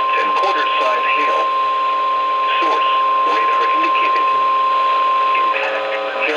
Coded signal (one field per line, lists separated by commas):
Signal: Emergency Alert System (SAME) tones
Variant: 1050 Hz attention tone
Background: speech